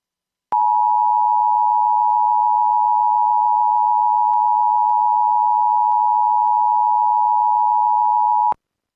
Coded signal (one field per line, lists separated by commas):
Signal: Emergency Alert System (SAME) tones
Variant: 853 and 960 Hz attention tone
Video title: Virtual EAS Severe Thunderstorm Warning